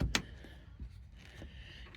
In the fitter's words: and everything just locks into place as you clip it down